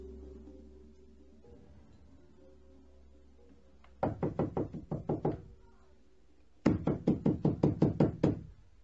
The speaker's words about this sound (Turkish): aç şu kapıyı! Kim çalıyorsa kıracak ayol, aç!